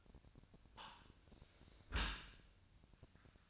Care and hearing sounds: daily activity, microphone in the room; close dishwasher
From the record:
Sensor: 2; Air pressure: 1003.0 hPa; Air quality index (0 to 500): 199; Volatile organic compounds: 6 ppm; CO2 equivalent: 1887 ppm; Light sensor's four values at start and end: 14/33/14/15 and 14/33/14/15

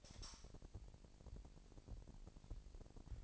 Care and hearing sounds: daily activity, microphone in the room; light on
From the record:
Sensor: 5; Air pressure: 1002.0 hPa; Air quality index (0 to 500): 225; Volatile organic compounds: 29 ppm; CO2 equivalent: 2931 ppm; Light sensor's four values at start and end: 15/35/14/16 and 15/37/15/16

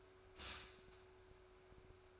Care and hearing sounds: daily activity, microphone in the room; stop toaster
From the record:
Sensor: 2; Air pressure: 1014.5 hPa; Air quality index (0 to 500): 195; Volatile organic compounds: 20 ppm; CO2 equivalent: 2677 ppm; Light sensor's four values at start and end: 4/10/3/3 and 4/10/3/3

